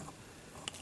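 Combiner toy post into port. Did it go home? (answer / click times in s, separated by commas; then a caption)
yes / 0.7 s. A plastic post on a transforming combiner toy figure is plugged into a port and seats with a single sharp click at 0.7 s. Low background noise fills the rest of the clip, and there is no talk.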